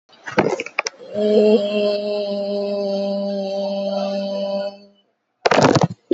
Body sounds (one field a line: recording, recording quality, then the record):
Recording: sustained vowel as in made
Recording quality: excellent, no background noise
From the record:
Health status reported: COVID-19 positive, mild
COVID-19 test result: positive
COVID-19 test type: RT-PCR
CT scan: taken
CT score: 0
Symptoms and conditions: cough, cold, muscle pain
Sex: female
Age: 30 years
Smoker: no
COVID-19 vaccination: both doses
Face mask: not worn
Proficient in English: yes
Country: India